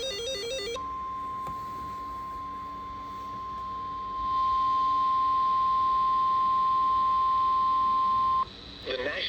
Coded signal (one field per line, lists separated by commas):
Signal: Emergency Alert System (SAME) tones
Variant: 1050 Hz attention tone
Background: speech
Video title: CHS Special Marine Warning (KEC85) | EAS #404